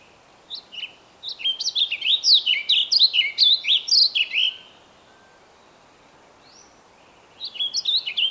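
Bird singing: a couple of short chirps, then a three-second run of quick, high, sweeping notes, and a fresh phrase starting near the end after a pause.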